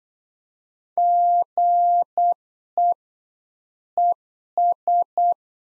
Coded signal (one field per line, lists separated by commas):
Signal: Morse code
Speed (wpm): 8 wpm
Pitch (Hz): 700 Hz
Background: none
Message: GE ES